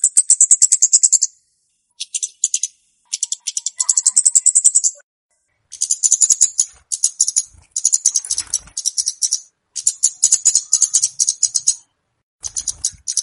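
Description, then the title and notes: Flowerpecker calls: dense, rapid, very high-pitched ticking rattles in long runs, broken by brief pauses. Clear recording of flowerpecker chirping, used as a lure (pikat). "Kicau Burung Kemade ( Cabe Cabean) Jernih. Suara Burung Cabe Cabean Pikat"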